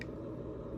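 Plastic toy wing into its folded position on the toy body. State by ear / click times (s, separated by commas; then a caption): seated / 0.0 s. The plastic wing of a transforming robot toy is folded all the way into its folded position on the toy body. A short, sharp click sounds at 0.0 s, followed by a steady low hum for the rest of the clip. The click shows the wing is fully in and seated.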